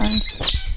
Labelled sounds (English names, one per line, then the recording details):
Stitchbird song
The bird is a male
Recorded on Tiritiri Matangi Island, New Zealand, in 2005
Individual 20, of nest box 28